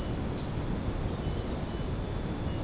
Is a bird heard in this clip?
no